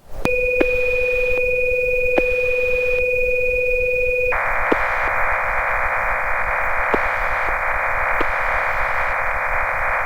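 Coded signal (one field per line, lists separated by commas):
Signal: HF data modem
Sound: two steady tones for about four seconds, then a wide continuous hiss-like data roar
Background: occasional clicks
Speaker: when we're done we'll click the Autos send button at the top of the window FL Digi now automatically sends the message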